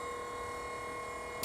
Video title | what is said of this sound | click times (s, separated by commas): ATC Stacker Trailer Overview - ATC RōM 22' RV Enthusiast Stacker Car Hauler! | and then once you get it above that front um area there you can hear it click | 1.4 s